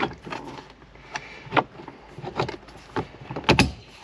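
A driver airbag module on a Hummer H3 is pressed back into the hub of a new custom steering wheel until its retaining clips latch. Several sharp knocks and handling sounds build to a pair of loud snaps near the end, with the click at 3.6 s. The module is seated.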